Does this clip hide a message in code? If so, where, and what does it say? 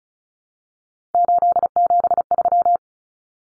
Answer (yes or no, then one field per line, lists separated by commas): yes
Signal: Morse code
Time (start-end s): 1.1-2.8 s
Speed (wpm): 34 wpm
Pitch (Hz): 700 Hz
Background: none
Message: 873